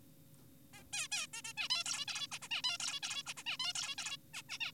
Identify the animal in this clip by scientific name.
Taeniopygia guttata